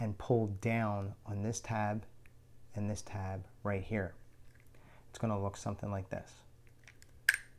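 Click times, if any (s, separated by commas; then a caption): 7.3 s. Someone talks as the steel slide of a compact pistol, a Glock 43, is pulled to the rear on the frame during takedown. A sharp metallic click comes from the action at 7.3 seconds, after a few faint ticks, and the slide is released.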